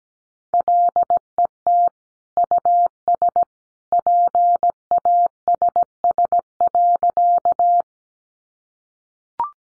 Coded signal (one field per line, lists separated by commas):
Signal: Morse code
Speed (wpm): 17 wpm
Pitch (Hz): 700 Hz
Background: none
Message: LET US PASS.